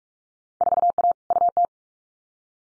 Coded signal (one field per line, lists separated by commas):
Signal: Morse code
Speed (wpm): 44 wpm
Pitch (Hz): 700 Hz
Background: none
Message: 4A UT